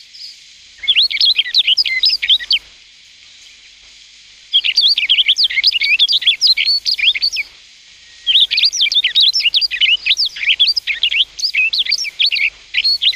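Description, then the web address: Rustic bunting singing: three bursts of rapid warbled notes separated by short silent pauses, the last running on to the end. "sikioto. kashiradaka"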